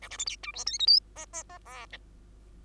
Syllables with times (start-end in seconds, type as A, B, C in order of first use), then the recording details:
0.02-0.09 A, 0.10-0.17 B, 0.18-0.25 C, 0.26-0.36 D, 0.43-0.52 E, 0.54-0.65 F, 0.66-0.78 G, 0.79-0.86 H, 0.87-0.99 I, 1.16-1.26 J, 1.33-1.43 J, 1.49-1.58 J, 1.65-1.86 K, 1.92-1.98 L. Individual Bird2